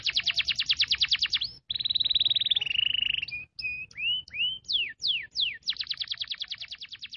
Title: Cengkok Kenari Mewah. Suara kenari cengkok mewah